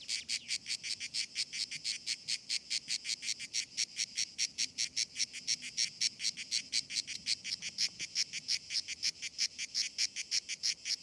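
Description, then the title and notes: Grey cicada song: rapid, rhythmic, grating pulses running continuously. Known as Cacan in Provence; described as the most abundant and best-known cicada, easily recognised by its particular rhythm. "Nouvelle cigale dans &quot;ECOUTEZ NATURE&quot"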